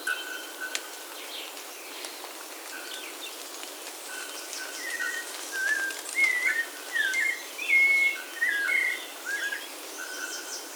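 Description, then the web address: Bird calls, a scattered series of short whistled notes and slurs building in the second half, against constant hiss. "BIRD 2015 SABIOD"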